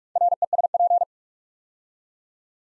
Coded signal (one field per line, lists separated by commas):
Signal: Morse code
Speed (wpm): 44 wpm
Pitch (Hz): 700 Hz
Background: none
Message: RESP